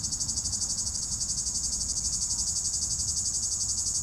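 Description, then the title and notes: Cicada song, a steady high buzz pulsing rapidly throughout, with a low rumble underneath. In an apple tree at the top of the Côte de Groisin, Chindrieux, France; 32°; traffic on the RD991; Zoom H4n Pro, preamp level 100. "3029 Rte d'Aix, 73310 Chindrieux, France - cigale. Cigale dans un pommier au sommet de la côte de groisin, il fait 32°"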